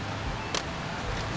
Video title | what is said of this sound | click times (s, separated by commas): 2013 Beetle Water Pump & Oil Cooler | Plug in your breather, make sure you hear it clip. | 0.6 s